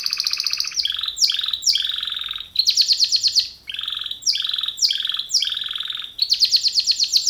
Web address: kenar businka canto kenar